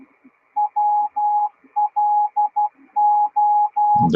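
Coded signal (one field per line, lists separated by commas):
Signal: Morse code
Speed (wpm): 12 wpm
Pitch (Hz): 830 Hz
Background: none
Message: WLO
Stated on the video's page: Live reception while tuning the amateur bands on a Sunday evening.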